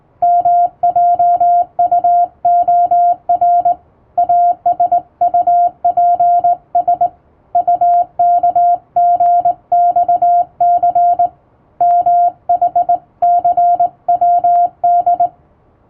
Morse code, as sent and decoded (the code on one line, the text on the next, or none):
-- .--- ..- --- .-. / .- ... ..- .--. ... / ..- -.- --. -..- -.-. / -- .... -.-. .-- -..
MJUOR ASUPS UKGXC MHCWD